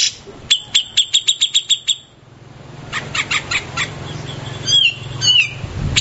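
Grey-cheeked Bulbul giving a fast series of sharp chips, then a brief pause, more chips and a couple of whistled notes.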